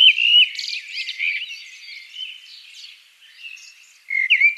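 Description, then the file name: Common blackbird song opening with a clear whistled phrase and chatter, fading to soft twittering, then another loud whistled phrase near the end. "Turdus merula"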